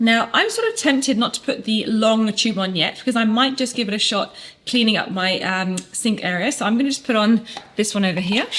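Someone talks while handling a short detail nozzle to fit onto the plastic hose handle of a Karcher SC5 steam cleaner, choosing it over the long tube to try cleaning the sink area. Nothing has seated or clicked yet by the end of the clip.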